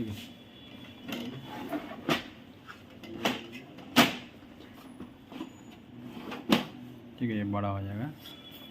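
The extendable plastic paper tray extension of a Canon LBP8100N laser printer's paper cassette is handled, with a few sharp plastic knocks and taps over low handling noise, while someone talks near the end. Nothing has seated or locked yet; the tray extension is not yet closed.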